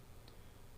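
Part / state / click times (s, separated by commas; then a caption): fuel tank vent onto its fitting on a chainsaw / seated / 0.3 s. A fuel tank vent is pushed onto its plastic fitting on a Husqvarna 562XP chainsaw fuel tank. A short, sharp tick at 0.3 s marks the vent snapping in place over a steady low hum. The vent is seated on the fitting.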